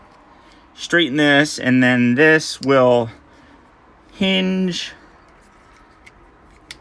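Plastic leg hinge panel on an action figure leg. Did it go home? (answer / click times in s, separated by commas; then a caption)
yes / 6.1 s, 6.7 s. Someone talks while transforming a Transformers One Prime Changers Alpha Trion plastic action figure, straightening its leg and folding the plastic leg hinge panel down. Sharp plastic clicks follow at 6.1 s and 6.7 s as the hinge locks into place.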